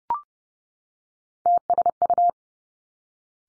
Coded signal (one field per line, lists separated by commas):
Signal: Morse code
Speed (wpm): 30 wpm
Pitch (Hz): 700 Hz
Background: none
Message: TSU